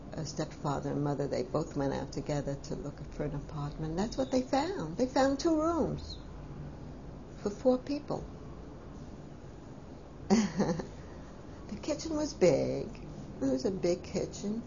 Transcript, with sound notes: stepfather and mother, they both went out together to look for an apartment. That's what they found. They found two rooms for four people. (she laughs) The kitchen was big, it was a big kitchen.